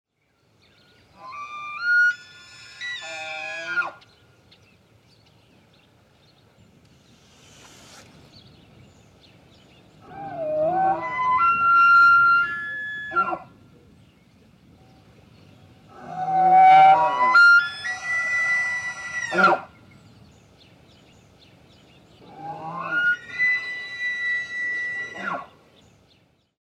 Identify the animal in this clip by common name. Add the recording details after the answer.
Wapiti. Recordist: Tembrock, Günter. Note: Hirsch: Brunftrufe, Lautfolgen, Drohzischen